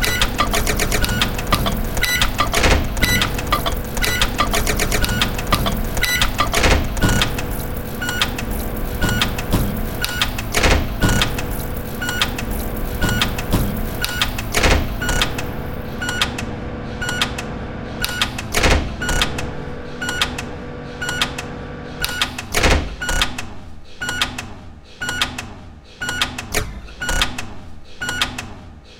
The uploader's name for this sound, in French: Four micro-ondes et tasse